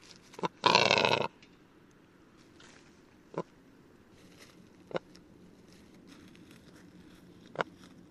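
Rackelhahn (black grouse × capercaillie hybrid): rackelhahn delivering a short, loud, grating croak near the start, then a few spaced sharp clicks in quiet surroundings.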